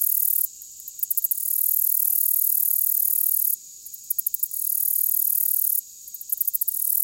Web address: The Songs of Insects Black-legged Meadow Katydid